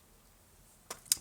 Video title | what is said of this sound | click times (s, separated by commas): Ulefone T1 Initial unboxing review | here which just you know this snaps right in it | 1.1 s